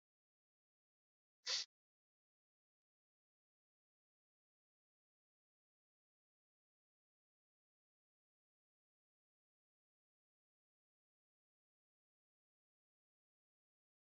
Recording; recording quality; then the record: shallow breathing; poor, much background noise or distortion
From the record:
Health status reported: COVID-19 positive, mild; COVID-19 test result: positive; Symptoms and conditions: cough, fever, fatigue, muscle pain, loss of smell and taste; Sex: female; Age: 27 years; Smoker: not ticked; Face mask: not worn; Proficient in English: yes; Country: India